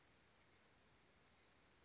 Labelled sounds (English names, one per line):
Chestnut-backed Chickadee